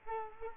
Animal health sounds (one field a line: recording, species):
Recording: mosquito wingbeat signal from an infrared sensor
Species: Culex quinquefasciatus